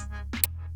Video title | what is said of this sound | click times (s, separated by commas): How to Change the Spark Plugs in a 2010 Honda Accord Coupe 3.5L V6 E-XL - How Easy is it? EASY. | Screw on. Hear the snap. | 0.4 s